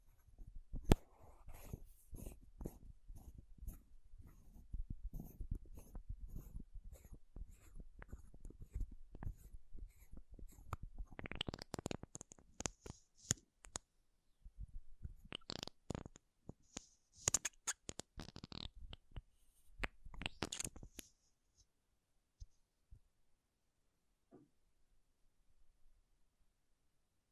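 Makeup containers are tapped and scratched in quick, irregular clicks, dense through the first twenty seconds with sharp bright taps bunching between about 11 and 21 seconds. After that the sounds thin out to a few soft touches and near silence.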